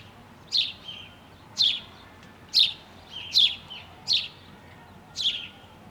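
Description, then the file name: House sparrow giving bright chirps that drop in pitch, six spaced irregularly throughout, some with a softer trailing note, over faint low background hum. "Passer domesticus"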